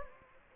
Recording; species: mosquito wingbeat signal from an infrared sensor; Anopheles gambiae